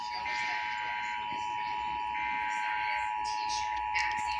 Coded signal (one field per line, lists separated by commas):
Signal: Emergency Alert System (SAME) tones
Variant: 853 and 960 Hz attention tone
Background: speech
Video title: EAS: Pennsylvania Required Monthly Tests (7/16/20)(EAS #421-429)